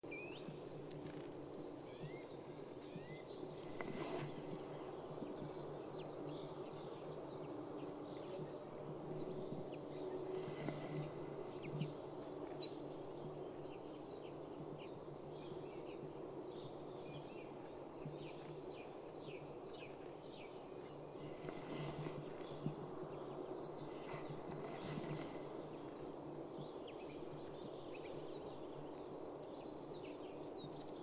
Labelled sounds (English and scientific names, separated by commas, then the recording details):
Marsh Tit (Poecile palustris) call
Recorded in the wild
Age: adult
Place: Schönow, Naturpark Barnim, Brandenburg, DE
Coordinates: 52.6906, 13.5392
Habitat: forest
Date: 2005-03-28
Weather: fair, ca. 0°C, moderate winds
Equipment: Tascam DA-P1, Telinga Pro 5
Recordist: Frommolt, Karl-Heinz